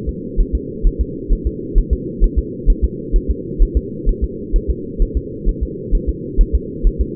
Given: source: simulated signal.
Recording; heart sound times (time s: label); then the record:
fetal heart sounds
0.09 s: S2
0.40 s: S1
0.55 s: S2
0.87 s: S1
1.01 s: S2
1.33 s: S1
1.47 s: S2
1.78 s: S1
1.93 s: S2
2.24 s: S1
2.39 s: S2
2.70 s: S1
2.84 s: S2
3.16 s: S1
3.31 s: S2
3.62 s: S1
3.77 s: S2
4.09 s: S1
4.24 s: S2
4.56 s: S1
4.70 s: S2
5.02 s: S1
5.17 s: S2
5.49 s: S1
5.63 s: S2
5.95 s: S1
6.09 s: S2
6.41 s: S1
6.55 s: S2
6.87 s: S1
7.01 s: S2
From the record:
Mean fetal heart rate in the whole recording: 130 bpm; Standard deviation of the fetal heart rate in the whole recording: 2 bpm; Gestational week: 38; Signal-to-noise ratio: -4.1 dB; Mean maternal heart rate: no maternal heart sound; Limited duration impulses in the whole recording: absent